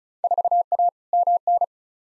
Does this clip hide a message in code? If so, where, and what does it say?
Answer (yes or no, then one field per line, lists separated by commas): yes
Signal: Morse code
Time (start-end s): 0.2-1.6 s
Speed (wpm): 36 wpm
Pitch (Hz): 700 Hz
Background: none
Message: 4A MN